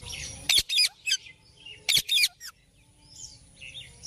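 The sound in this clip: Bird uttering quick, harsh, high chattering squawks in two short bursts, followed by softer scratchy notes.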